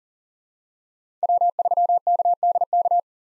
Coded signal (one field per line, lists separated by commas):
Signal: Morse code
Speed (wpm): 40 wpm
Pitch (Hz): 700 Hz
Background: none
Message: W3KDK